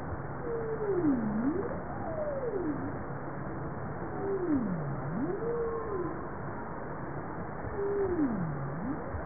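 Bowhead whale calls: low moaning tones that swoop down and up in U-shaped sweeps, three calls in about nine seconds over steady underwater hiss.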